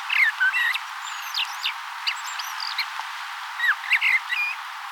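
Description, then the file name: Common blackbird, bursts of sharp chirps and slurred whistled notes, clustered at the start and again near the end, with quieter gaps between. "Turdus merula"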